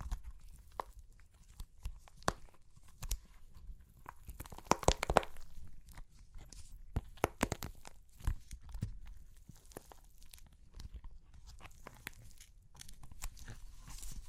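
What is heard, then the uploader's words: Clay crunches and cracks in a steady run of sharp, dry snaps over a low rumble. The crackling thickens into a dense burst around four to five seconds, comes back in clusters near seven and eight seconds, then thins to scattered bright ticks. Super Crunchy Clay Cracking (No Talking).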